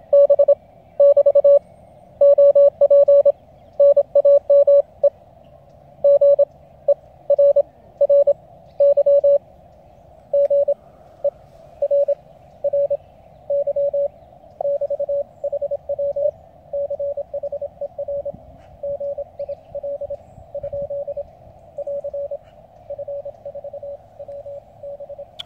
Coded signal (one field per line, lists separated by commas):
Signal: Morse code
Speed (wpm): 26 wpm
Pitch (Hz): 570 Hz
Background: radio noise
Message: B <BT> OP NAME GERRY GERRY <BT> HW CHER GIL ? <AR> F4WB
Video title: Radio Contacts With The Lab599 Discovery TX-500.